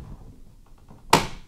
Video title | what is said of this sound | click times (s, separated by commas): Ultimaker S5 Pro Bundle Unboxing and Setup | now the fan unit this also snaps into place go | 1.1 s